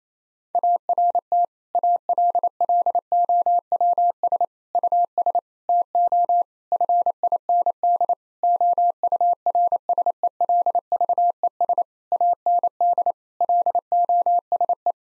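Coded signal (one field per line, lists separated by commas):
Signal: Morse code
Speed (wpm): 28 wpm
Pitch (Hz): 700 Hz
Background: none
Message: ART ALLOWS US TO FIND OURSELVES AND LOSE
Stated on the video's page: 28 wpm Morse practice of difficult sentences, each given a contextual hint beforehand.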